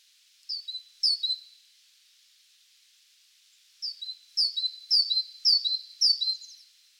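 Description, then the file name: Great tit calling with a short pair of high, falling two-part notes, a pause, then a longer run of five similar chirps. "Parus major"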